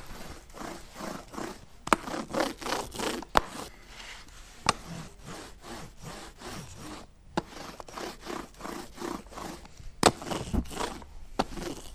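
In a dominotier's workshop, a printing press carriage rolls under the press to mark slightly dampened paper laid on an engraved plate with its motif, with a steady series of rasping, ratchet-like scrapes, broken by a few sharp clicks and knocks, with no talking.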